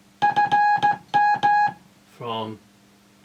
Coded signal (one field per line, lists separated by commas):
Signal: Morse code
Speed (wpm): 14 wpm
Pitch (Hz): 830 Hz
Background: speech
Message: FM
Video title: Morse Code And AM Contact On Old 1950's Transmitter